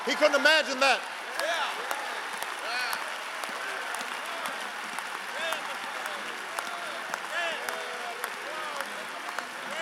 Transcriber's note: applause